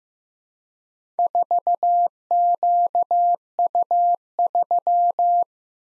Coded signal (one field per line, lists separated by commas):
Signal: Morse code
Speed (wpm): 15 wpm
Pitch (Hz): 700 Hz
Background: none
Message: 4QU3